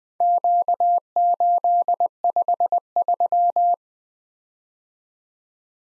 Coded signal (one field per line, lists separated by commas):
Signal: Morse code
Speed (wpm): 20 wpm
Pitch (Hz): 700 Hz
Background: none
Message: Q853